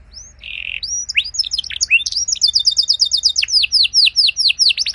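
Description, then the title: Canary song opens with a buzzy tone, then runs into rapid chattering notes and a steady series of clear downslurred whistles. Belgian canary song with luxurious, ornate phrasing, played to warm up other canaries so they answer with long singing. "Canto Para Esquentar Canário Belga. Suara Burung Kenari Lagu dan Cengkok Mewah Buat Kenari Lain Bakal Langsung Nyaut Gacor Panjang"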